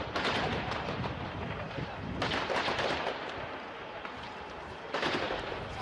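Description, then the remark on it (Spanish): Rapid gunfire crackles through a dense wall of loud, chaotic noise from clashes and mobs storming embassies, with sharp volleys swelling at intervals and faint voices buried in the din. “Por desgracia, sonidos de tiros, de tiroteos, de muerte, de turbas arrollando las embajadas, de enfrentamientos, y de una forma secuenciada, increciendo.”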